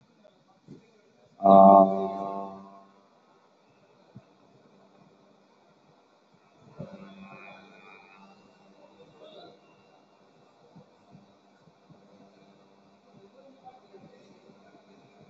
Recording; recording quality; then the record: sustained vowel as in made; excellent, no background noise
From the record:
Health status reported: COVID-19 positive, mild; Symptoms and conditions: loss of smell and taste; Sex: male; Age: 22 years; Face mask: worn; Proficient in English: yes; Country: India